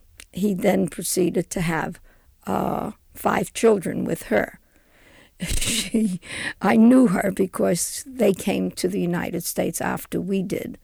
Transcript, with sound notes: he then proceeded to have five children with her. ( she laughs ) I knew her, because they came to the United States after we did,